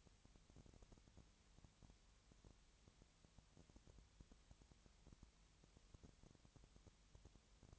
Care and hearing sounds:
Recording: daily activity, microphone in the room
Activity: no activity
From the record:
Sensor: 3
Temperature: 20.6 degrees Celsius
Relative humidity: 34.7%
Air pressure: 1007.2 hPa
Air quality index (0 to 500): 137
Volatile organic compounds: 3 ppm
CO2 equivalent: 1526 ppm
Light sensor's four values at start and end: 2/3/2/2 and 2/3/2/2

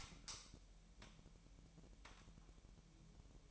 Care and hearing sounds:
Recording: daily activity, microphone in the room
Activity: light on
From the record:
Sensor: 1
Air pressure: 1002.0 hPa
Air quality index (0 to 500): 245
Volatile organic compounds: 49 ppm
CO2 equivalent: 3284 ppm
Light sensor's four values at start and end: 5/11/4/5 and 13/41/17/17

